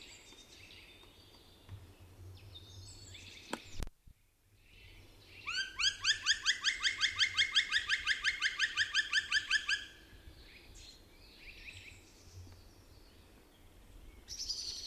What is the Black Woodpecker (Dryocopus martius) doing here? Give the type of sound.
call